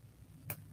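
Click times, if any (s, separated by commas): 0.5 s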